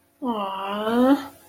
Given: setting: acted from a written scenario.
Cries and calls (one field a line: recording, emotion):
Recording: vocal sound without words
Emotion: sympathy